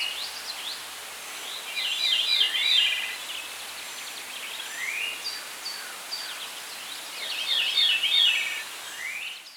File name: Catharus fuscescens - Veery